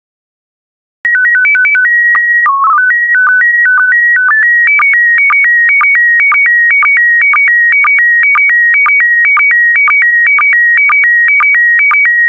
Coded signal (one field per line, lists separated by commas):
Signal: SSTV (slow-scan television)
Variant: PD 120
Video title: 72041 Christmas SSTV PD120